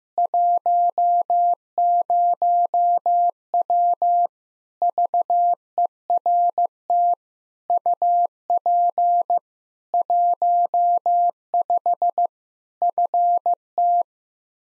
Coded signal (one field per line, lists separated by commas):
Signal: Morse code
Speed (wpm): 15 wpm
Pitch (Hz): 700 Hz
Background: none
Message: 10W VERT UP 15 FT